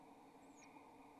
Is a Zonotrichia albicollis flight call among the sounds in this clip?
no